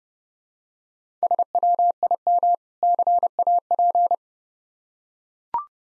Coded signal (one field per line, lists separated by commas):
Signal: Morse code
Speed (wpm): 30 wpm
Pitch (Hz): 700 Hz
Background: none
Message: SWIM CAP